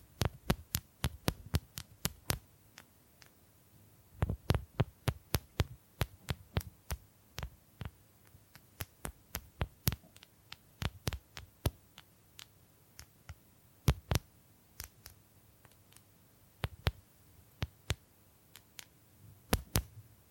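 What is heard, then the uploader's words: Bamboo being tapped in quick, sharp knocks that come in uneven clusters, sometimes several in a rush, then brief pauses. Each hit is crisp and bright with a short woody ring. A low, steady hum sits underneath throughout. Bamboo Tapping, Scratching and Brushing Sounds.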